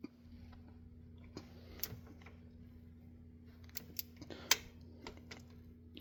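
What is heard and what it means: A click-type torque wrench makes its first tightening of an engine cover bolt on a 1992 F-150, before the demonstration is repeated. Over a steady low hum with a few faint ticks, the wrench gives a sharp click at 4.5 s, signalling that the bolt has reached torque.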